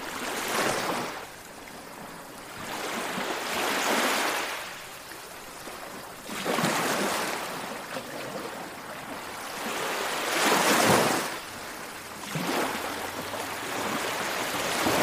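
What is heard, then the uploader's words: Ocean waves wash in and recede in a steady rhythm, each hissing surge arriving every three to four seconds over a low, constant rumble. Ocean Waves.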